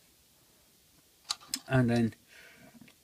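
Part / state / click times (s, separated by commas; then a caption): action figure lightsaber hilt into belt clip / seated / 1.5 s. A plastic lightsaber hilt from a 12-inch Hasbro Star Wars action figure is clipped onto the figure's belt using the small clip piece at its side. A faint tick at 1.3 s leads to a sharp click at 1.5 s as the hilt snaps into place, followed by someone talking. The hilt is seated on the belt.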